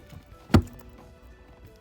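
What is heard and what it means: On a Mercedes-Benz E-Class W211, the second side of the rear bottom seat cushion is pushed down until its retaining clip snaps into the car floor mount. A single sharp snap is heard at 0.6 s, followed by faint small knocks, and the clip is seated and locked.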